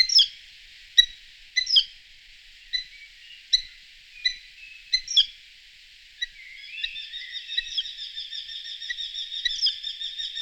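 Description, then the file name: Eurasian hobby with scattered sharp single calls at first, then a quick, steady chatter of ringing notes that continues to the end. "Ostriz lesni Falco subbuteo"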